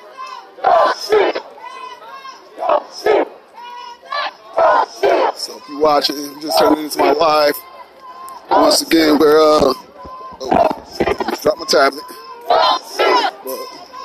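A protest crowd in Niagara Square, downtown Buffalo, with voices shouting and chanting in bursts that start and stop every second or two. Louder surges of overlapping yells come around six and nine seconds, with brief lulls of murmur between the outbursts.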